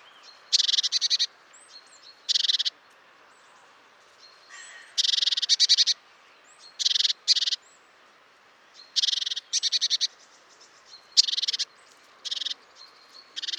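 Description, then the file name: Great tit scolding with harsh, rapidly pulsed churrs, often in quick pairs, repeated throughout; faint high whistles sound in the gaps. "Parus major"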